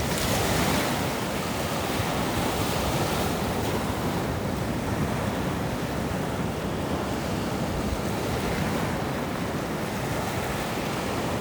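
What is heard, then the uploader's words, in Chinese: Ocean waves roll in a steady, dense wash of surf that fills the whole clip without clear breaks or pauses. The sound is full and rumbling low down with a hissing spray on top, and some wind buffets the microphone throughout. 2022的第一个海浪声。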